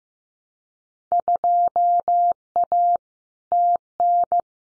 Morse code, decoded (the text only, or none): 2A TN